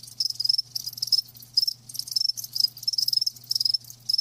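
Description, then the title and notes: Crickets giving high, buzzy chirps in short pulsed bursts separated by brief gaps, over a faint continuous low hum. Live crickets chirping, a lulling song. "Live Crickets Chirping. RainManCJ"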